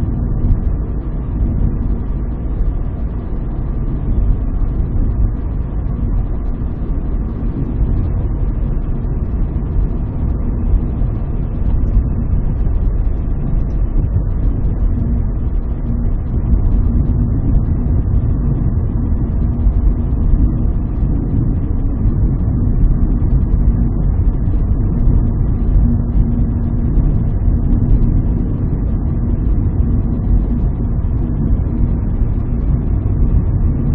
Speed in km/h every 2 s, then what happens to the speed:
64, 64, 65, 64, 65, 65, 65, 64, 64, 63, 64, 64, 64, 65, 64, 65, 65.
0-34 steady at about 64.